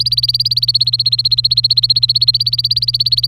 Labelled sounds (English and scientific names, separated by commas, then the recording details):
Domestic Canary (Serinus canaria) song
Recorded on 27 April 2018 at 14:24
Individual llb3